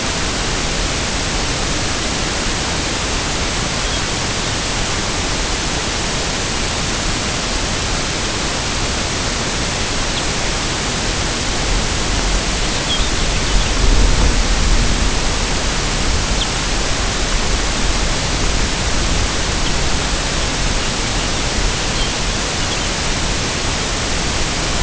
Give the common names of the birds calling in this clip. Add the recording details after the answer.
Lapland Longspur. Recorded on Arctic tundra, site UTQI-0, on 13 June 2019. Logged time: 00:00